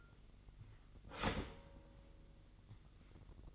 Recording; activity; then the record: daily activity, microphone in the room; start toaster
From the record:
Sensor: 4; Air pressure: 1002.8 hPa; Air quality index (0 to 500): 235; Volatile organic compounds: 16 ppm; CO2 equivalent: 2545 ppm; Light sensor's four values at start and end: 21/74/27/27 and 18/61/23/22